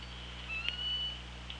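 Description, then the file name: Orca call, a single drawn-out harmonic tone holding level with a brief sharp click in the middle, over constant low underwater hum. Recorded on the OrcaLab hydrophone, 24 August 2017 at 16:56. "Orca Lab UTLN JASON 20170824 165633"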